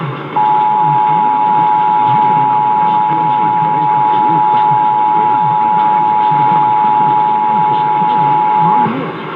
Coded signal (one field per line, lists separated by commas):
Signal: Emergency Alert System (SAME) tones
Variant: 853 and 960 Hz attention tone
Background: speech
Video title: Iowa RMT on WHO (8/4/21)(EAS 829)